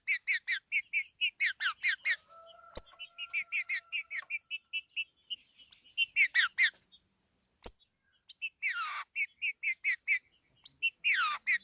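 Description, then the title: Green-winged saltator delivering rhythmic series of rich chip notes in bursts separated by short silences, with a brief steady tone midway. "Trinca Ferro"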